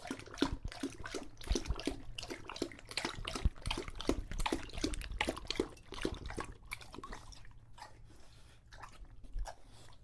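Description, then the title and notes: English Bulldog lapping water in quick splashy strokes, gradually slowing and growing quieter toward the end. Male English Bulldog named Lucho drinking water from a bowl after a long walk, breathing heavily and out of breath between drinks. "English Bulldog Drinks from Water Bowl. listen to Lucho the English Bulldog as he tries to drink water after a long walk. Don't let his heavy breathing fool you in between drinks, he's equally out of breath from the walk"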